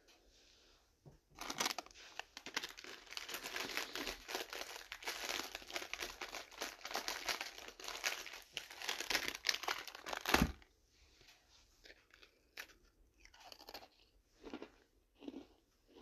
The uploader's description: Walk on wooden floors, cats meowing, starting a fireplace, Coffee brewing, steps in cold snow, eating a biscuit